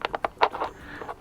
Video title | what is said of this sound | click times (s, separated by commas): Fixing 2 Ryobi Strimmer Heads - Metal Blade & Plastic String - 1419 | and it hits the groove it goes in and it locks in place and then we can untighten | 0.2 s